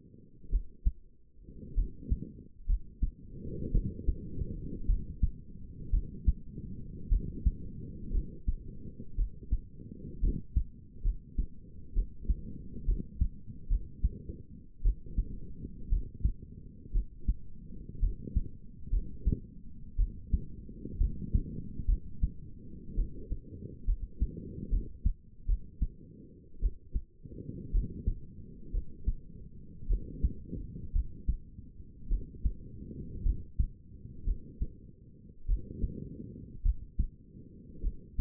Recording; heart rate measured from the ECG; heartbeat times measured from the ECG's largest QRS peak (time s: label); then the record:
heart sounds by stethoscope; 58 bpm
0.50 s: heartbeat
1.75 s: heartbeat
2.67 s: heartbeat
3.72 s: heartbeat
4.87 s: heartbeat
5.91 s: heartbeat
7.09 s: heartbeat
8.12 s: heartbeat
9.16 s: heartbeat
10.21 s: heartbeat
11.03 s: heartbeat
11.94 s: heartbeat
12.86 s: heartbeat
13.69 s: heartbeat
14.83 s: heartbeat
15.90 s: heartbeat
16.93 s: heartbeat
18.01 s: heartbeat
18.91 s: heartbeat
19.97 s: heartbeat
20.98 s: heartbeat
21.87 s: heartbeat
22.95 s: heartbeat
23.86 s: heartbeat
24.71 s: heartbeat
25.47 s: heartbeat
26.60 s: heartbeat
27.72 s: heartbeat
28.72 s: heartbeat
29.88 s: heartbeat
30.93 s: heartbeat
32.09 s: heartbeat
33.24 s: heartbeat
34.25 s: heartbeat
35.47 s: heartbeat
36.63 s: heartbeat
37.82 s: heartbeat
From the record:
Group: healthy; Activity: cold pressor test 0-3 s, rest 3-38 s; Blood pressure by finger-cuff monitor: 107/66 mmHg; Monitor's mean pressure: 83 mmHg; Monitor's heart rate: 58 bpm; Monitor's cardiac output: 5.3 L/min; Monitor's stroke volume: 91 mL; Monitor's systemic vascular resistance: 1110 dyn s/cm5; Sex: female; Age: 28 years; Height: 170 cm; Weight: 77 kg